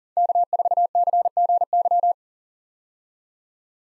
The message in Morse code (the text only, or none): K4CGY